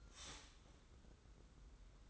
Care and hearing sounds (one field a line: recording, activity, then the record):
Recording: daily activity, microphone in the room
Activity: start toaster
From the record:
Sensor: 3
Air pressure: 991.6 hPa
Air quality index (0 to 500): 182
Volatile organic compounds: 1000 ppm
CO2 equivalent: 6071 ppm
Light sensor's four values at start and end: 42/118/48/42 and 42/118/48/42